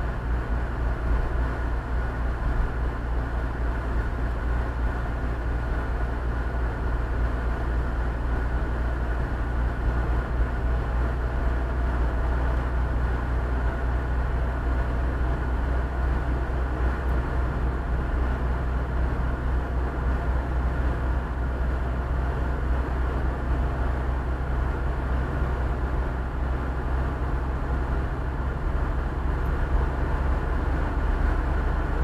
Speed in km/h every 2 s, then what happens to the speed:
59, 59, 58, 57, 59, 60, 60, 61, 62, 62, 61, 62, 61, 62, 64, 65.
0-32 speeds up to 65.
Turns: none.